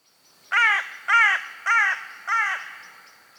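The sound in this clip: Carrion crow giving four harsh, hoarse caws, each about a third of a second long, evenly spaced roughly every half second, with a faint high hum in the background.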